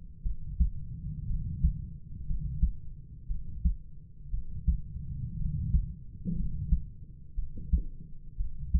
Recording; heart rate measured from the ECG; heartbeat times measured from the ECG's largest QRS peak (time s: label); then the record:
heart sounds by stethoscope; 59 bpm
0.23 s: heartbeat
1.27 s: heartbeat
2.26 s: heartbeat
3.27 s: heartbeat
4.31 s: heartbeat
5.37 s: heartbeat
6.36 s: heartbeat
7.35 s: heartbeat
8.37 s: heartbeat
From the record:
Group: healthy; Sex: male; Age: 25 years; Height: 170 cm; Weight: 70.4 kg